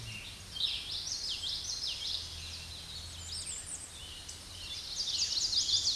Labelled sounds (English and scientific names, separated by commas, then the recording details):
Common Yellowthroat (Geothlypis trichas) song
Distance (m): 30 m
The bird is about 15 m above the microphone
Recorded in a Pennsylvania forest on 16 May 2024 at 08:19
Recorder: AudioMoth, point MSD-2320
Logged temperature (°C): 12.8 °C
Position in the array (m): 234 m, 173 m